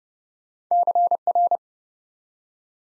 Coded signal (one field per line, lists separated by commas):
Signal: Morse code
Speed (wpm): 30 wpm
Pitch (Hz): 700 Hz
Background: none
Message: CR